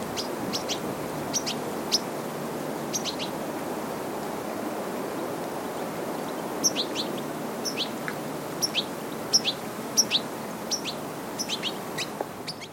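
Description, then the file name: European goldfinch calling in brief tinkling clusters of high, downward-sweeping notes, sparse at first and then more frequent in the second half, over constant hiss. "Carduelis carduelis"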